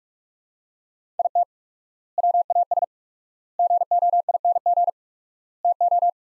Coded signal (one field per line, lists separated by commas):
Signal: Morse code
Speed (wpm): 47 wpm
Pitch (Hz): 700 Hz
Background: none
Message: IT WAS GOING TO